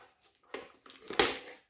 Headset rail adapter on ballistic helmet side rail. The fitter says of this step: słychać widoczny Klik I wtedy wam słuchawki są dociskane do głowy